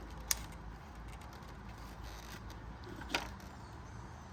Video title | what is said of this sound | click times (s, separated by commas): Fisker Ocean One - "OCEAN" Light Hack | And as you can see, it will snap into place. | 0.3 s